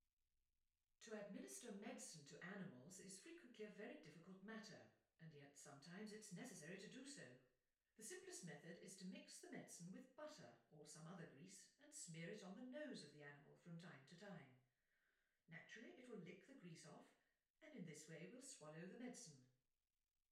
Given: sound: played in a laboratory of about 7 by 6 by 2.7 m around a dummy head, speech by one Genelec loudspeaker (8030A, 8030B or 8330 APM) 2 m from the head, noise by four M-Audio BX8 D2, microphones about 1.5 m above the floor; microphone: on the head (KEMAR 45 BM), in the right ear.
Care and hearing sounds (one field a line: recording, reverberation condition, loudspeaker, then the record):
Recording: female speech in English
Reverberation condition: medium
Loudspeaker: 150 degrees to the left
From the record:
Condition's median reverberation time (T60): about 510 ms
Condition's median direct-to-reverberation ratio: about -0.5 dB